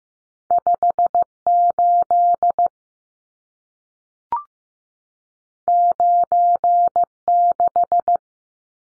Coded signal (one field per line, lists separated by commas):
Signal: Morse code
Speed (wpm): 15 wpm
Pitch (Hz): 700 Hz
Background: none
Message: 58 96